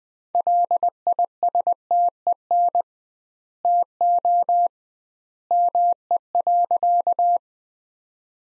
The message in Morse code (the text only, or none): LISTEN TO ME.